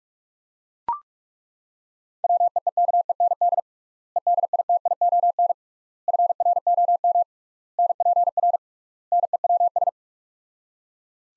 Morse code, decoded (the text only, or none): WEEKEND EDITION FROM NPR NEWS